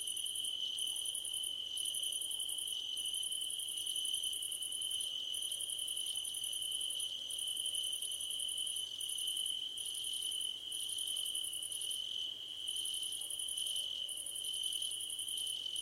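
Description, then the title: Cricket: a long stretch of cricket chorus: one unwavering high trill and repeated trains of very high, rapid chirps with brief pauses. Crickets at night under a starlit sky. "Nighttime Ambience with Crickets"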